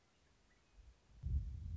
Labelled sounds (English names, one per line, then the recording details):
Western Meadowlark
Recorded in Sonoma County, California